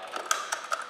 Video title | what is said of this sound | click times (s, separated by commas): Forklift Training - Pre start inspection - Part 3/6 | that all works great, leave it clicked in. | 0.3 s